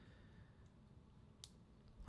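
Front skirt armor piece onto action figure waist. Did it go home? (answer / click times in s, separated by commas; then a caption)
yes / 1.4 s. The front skirt armor piece of a plastic and die-cast Robot Spirits FA-78-1 Full Armor Gundam (Ver. A.N.I.M.E.) action figure is pressed onto its waist over quiet low background noise. One sharp, short click sounds at 1.4 s as the armor snaps and seats into place, followed by a brief rustle at the end.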